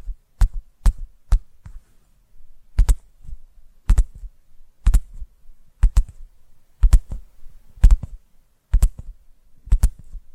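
Sharp tapping clicks arrive in quick pairs and triplets about once a second, each crisp with a low thump, separated by near-silence.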